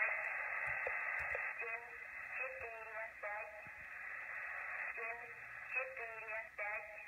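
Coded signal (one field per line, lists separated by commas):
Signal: numbers station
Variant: S06s Russian Lady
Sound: female voice reading short number words through heavy shortwave static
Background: radio static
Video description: Der Zahlensender S06s, Russian Lady ist auf allen drei Empfängern gut hörbar.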